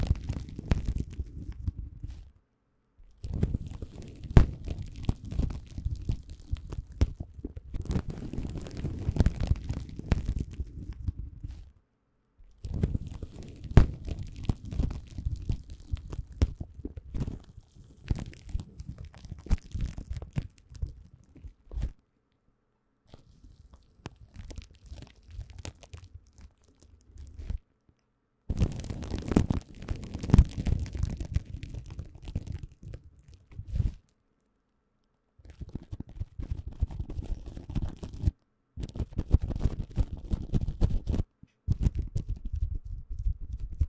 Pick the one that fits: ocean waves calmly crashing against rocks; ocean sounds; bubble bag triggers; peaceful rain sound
bubble bag triggers